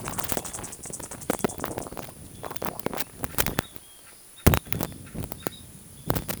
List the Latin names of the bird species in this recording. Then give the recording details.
none. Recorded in forest near Pivijay, Magdalena, Colombia, on 13 April 2023 at 17:30. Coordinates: 10.467, -74.380. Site Z5-G034